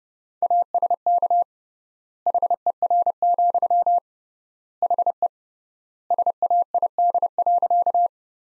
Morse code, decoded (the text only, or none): ASK HER, HE SAID.